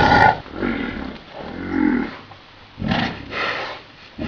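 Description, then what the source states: Yak making low, rough grunts, including one drawn-out, moaning tone partway through, then more short husky grunts. Bull yak.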